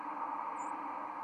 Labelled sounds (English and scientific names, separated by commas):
White-throated Sparrow (Zonotrichia albicollis) flight call